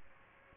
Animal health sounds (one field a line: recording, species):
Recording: mosquito wingbeat signal from an infrared sensor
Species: Aedes aegypti